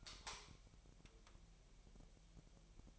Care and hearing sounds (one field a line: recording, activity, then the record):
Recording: daily activity, microphone in the room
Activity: light on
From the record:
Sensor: 1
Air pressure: 1001.9 hPa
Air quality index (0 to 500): 249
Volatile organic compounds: 54 ppm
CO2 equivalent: 3345 ppm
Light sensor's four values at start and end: 5/11/4/5 and 9/28/10/12